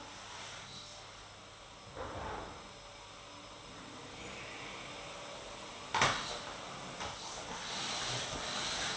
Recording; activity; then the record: daily activity, microphone in the room; vacuum cleaning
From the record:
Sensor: 3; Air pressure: 988.7 hPa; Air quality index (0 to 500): 201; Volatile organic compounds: 372 ppm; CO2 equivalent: 4624 ppm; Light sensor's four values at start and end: 22/71/30/25 and 22/71/29/25